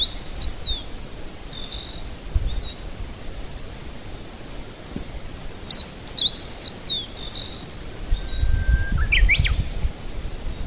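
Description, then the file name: Meadow bunting song: short bursts of high, slurred chirps about five seconds apart, then a long flat whistle with rising notes near the end, over low rumble. Recorded 26 May 2008. "hutte 080526 hojiro"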